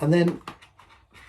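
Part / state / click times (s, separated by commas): ski helmet visor into helmet shell mount / not seated / none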